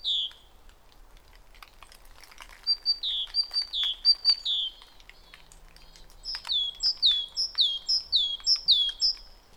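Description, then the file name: Great tit song: clear two-note phrases, a high note dropping to a lower one, repeated in two bouts of several units with a short pause between. "Parus major"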